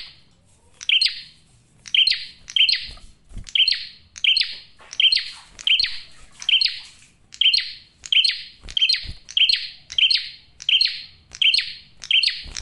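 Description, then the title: Prinia delivering a long, fast run of emphatic chirps with rasping tails, many notes. Male singing loudly and clearly; used to lure birds and attract females. "PRENJAK JANTAN GACOR SUARA JERNIH, RAPET. " COCOK UNTUK PIKAT MAUPUN PANCINGAN BETINA "."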